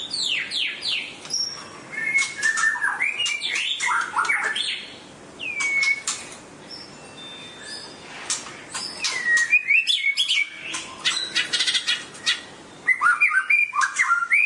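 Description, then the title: Laughingthrush singing a long, varied series of loud whistles, down-slurred notes and sharp clicks, the phrases changing constantly. Loud-voiced national champion bird. "Poksay Jambul Sumatra Suara Keras Juara Nasional"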